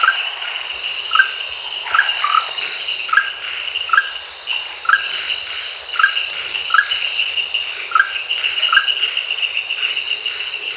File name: Rhacophorus aurantiventris